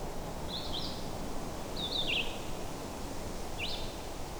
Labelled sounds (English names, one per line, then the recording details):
Red-eyed Vireo song
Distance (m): 35 m
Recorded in boreal forest in Alberta, Canada, on 21 June 2016 at 08:23
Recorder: SongMeter 3, array SBT-6-76
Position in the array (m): 180 m, 87 m